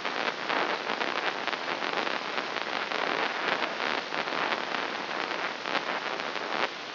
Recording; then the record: brain microelectrode recording played as sound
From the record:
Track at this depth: inside the subthalamic nucleus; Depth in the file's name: 6.109 mm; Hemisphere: left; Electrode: 3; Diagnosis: Parkinson's disease